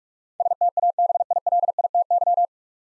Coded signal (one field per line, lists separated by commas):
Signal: Morse code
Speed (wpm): 46 wpm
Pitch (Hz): 700 Hz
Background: none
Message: STABILITY